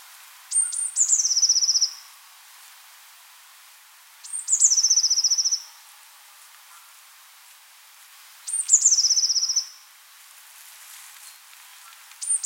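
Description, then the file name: Eurasian blue tit repeating its call roughly every four seconds: thin high notes then a rapid, gently falling buzzy trill, with quiet background in between. "Cyanistes caeruleus"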